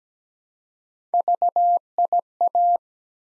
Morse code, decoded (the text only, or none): VIA